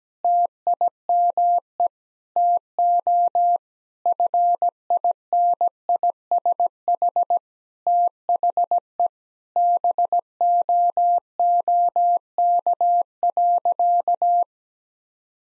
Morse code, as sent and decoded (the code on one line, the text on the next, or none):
- .. -- . / - --- / ..-. .. -. .. ... .... / - .... . / -... --- --- -.- .-.-.-
TIME TO FINISH THE BOOK.